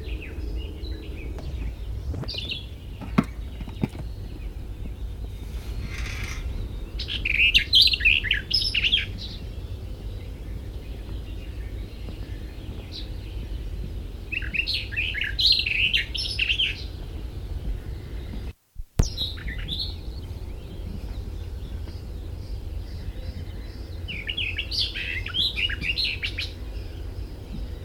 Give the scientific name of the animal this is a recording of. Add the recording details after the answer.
Sylvia nisoria. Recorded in the wild. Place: Wostevitz, Insel Rügen, Mecklenburg-Vorpommern, DE. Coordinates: 54.498, 13.567. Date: 1971-05-30. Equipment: Nagra III BH, Sennheiser MD 21, parabola. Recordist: Schubert, Michael